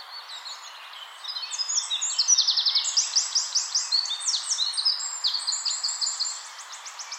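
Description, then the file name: Eurasian wren song: after a quiet start, a long, energetic outpouring of shrill, rapid trills and ringing notes runs almost continuously to the end. "Troglodytes troglodytes"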